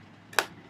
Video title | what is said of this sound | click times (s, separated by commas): Ultimate Setup Upgrade: Live | 2 clicks, seated properly. | 0.4 s